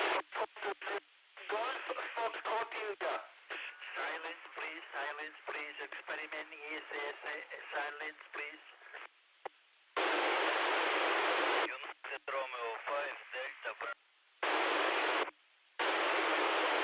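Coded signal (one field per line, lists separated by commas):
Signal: digital SSTV (DRM)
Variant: KG-STV, MSK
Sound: a man speaking over the radio, then steady bursts of harsh wideband hiss with abrupt starts and stops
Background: French speech, radio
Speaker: maintenant je vais passer un troisième le troisième passage à un essai dans un endroit beaucoup plus dégagée dans les champs pour voir effectivement ce que ce que ça donne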